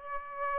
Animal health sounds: mosquito wingbeat signal from an infrared sensor; Aedes aegypti

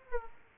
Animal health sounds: mosquito wingbeat signal from an infrared sensor; Aedes aegypti

